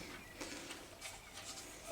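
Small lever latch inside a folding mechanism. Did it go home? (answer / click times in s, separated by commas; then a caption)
no / none. A small lever latch inside a folding mechanism is handled, with only faint, soft rustling and brief light handling noises against a quiet background. Nothing has seated or clicked yet; the clip ends just before the latch locks in place.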